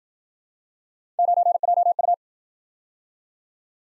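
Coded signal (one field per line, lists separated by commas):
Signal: Morse code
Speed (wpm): 55 wpm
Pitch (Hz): 700 Hz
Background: none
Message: 9JU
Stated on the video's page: Speed-racing Morse practice of three-character letter-number combinations, starting fast and slowing to a 40 wpm base, with a final repeat at maximum speed.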